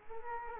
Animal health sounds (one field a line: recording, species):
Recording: mosquito wingbeat signal from an infrared sensor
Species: Culex quinquefasciatus